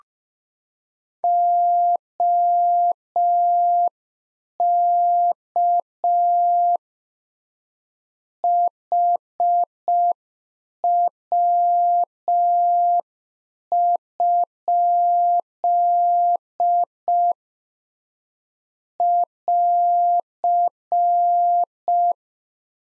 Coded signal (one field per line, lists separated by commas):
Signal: Morse code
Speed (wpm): 5 wpm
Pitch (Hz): 700 Hz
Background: none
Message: OK HW? <AR>